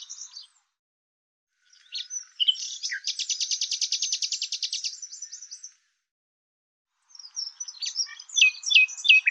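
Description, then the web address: Bird song: high warbling that breaks into a long rapid buzzy trill lasting several seconds, then a pause and more varied chirping phrases. "Deverinetal 2025"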